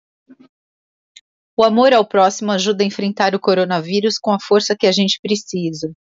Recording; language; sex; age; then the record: spoken sentence; Brazilian Portuguese; female; 50 to 59 years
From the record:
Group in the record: control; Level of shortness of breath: 0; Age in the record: 52 years